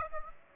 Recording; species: mosquito wingbeat signal from an infrared sensor; Aedes aegypti